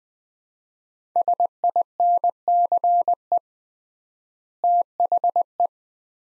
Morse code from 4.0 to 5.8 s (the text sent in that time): THE